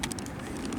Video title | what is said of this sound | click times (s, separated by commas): Transformers Fall Of Cybertron Grimlock | but they actually snap into place like that. | 0.0 s